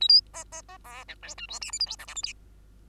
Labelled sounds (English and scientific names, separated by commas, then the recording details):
Bengalese Finch (Lonchura striata domestica) song
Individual Bird2